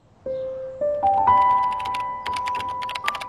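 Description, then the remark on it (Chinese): Quick, irregular keyboard clatter from someone typing in an otherwise quiet dormitory room fills the second half, layered over a steady electronic tone that steps upward in pitch a few times near the start. “林建威这话一出，寝室里就安静了，只剩于浩噼里啪啦敲键盘的声音。”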